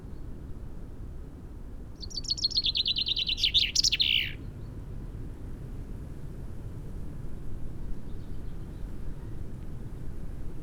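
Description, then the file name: Common chaffinch song: a cascade of high notes lasting about two seconds and ending in a flourish, over a low rumbling background. "Fringilla coelebs"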